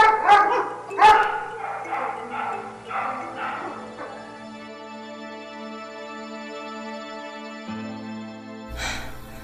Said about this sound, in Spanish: Vigiladas en todo momento por un batallón de perros salvajes.